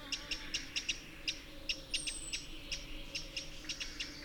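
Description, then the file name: Eurasian wren calling with quick, crisp ticks in loose clusters, while a single high thin whistle falls briefly near the middle. "Troglodytes troglodytes"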